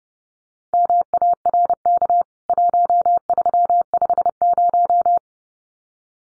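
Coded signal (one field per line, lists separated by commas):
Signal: Morse code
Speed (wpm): 30 wpm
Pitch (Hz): 700 Hz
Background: none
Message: MARK 1350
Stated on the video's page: Morse practice of CWT contest exchanges (name and membership number) at 30wpm for head-copy, each sent twice.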